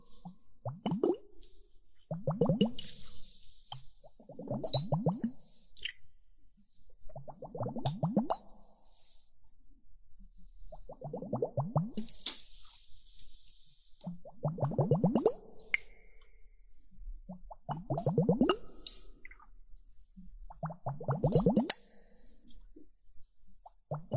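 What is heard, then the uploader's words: Water droplets fall in a slow, regular pattern, a burst of low gurgling plops roughly every two to three seconds. Between the bursts come soft hissy trickles and a few thin, bright clinks, with near silence in the gaps. Water droplets and hourglass.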